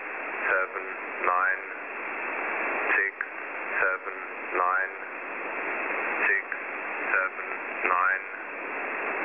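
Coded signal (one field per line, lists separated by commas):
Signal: numbers station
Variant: E06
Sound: short garbled, distorted voice fragments at regular intervals under constant hiss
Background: radio static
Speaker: this is a video on when a number station goes wrong first off we have e06 when it has an error with its main voice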